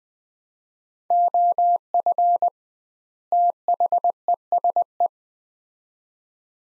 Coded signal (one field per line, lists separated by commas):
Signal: Morse code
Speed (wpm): 21 wpm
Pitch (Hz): 700 Hz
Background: none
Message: OF THESE